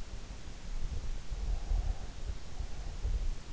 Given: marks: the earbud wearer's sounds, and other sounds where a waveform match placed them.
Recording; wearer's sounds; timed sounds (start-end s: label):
sounds in sleep by an in-ear microphone; breath
1.31-3.51 s: breath